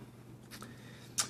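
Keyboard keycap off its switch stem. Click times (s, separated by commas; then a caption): 1.2 s. A plastic keycap on a Perixx PX-3200 gaming keyboard is pulled up with a keycap puller and comes off its key switch stem. A faint tick at 0.6 s is followed by a sharp snap at 1.2 s as the keycap is released.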